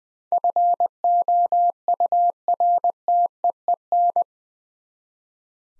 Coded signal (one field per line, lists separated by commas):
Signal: Morse code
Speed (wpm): 20 wpm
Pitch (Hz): 700 Hz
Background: none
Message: FOURTEEN